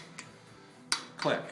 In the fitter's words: 2/3 of the torque, and then I'm going to go full torque. Hear the click, click.